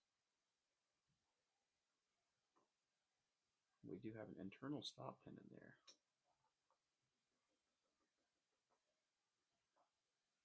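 A handle scale is handled on the frame of a Ka-Bar BK40 knife during handle reassembly, about to be pressed down onto the internal stop, with faint light ticks and taps scattered through the clip. Someone talks from about 3.8 to 5.9 s. Nothing has seated or clicked into place yet.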